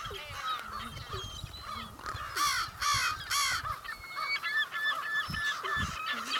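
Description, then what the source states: American Crow mixing a few harsh caw-like notes with strange bubbling and honking sounds in an irregular series. Very weird vocalizations, with some normal calls in the middle; calling at a compost site.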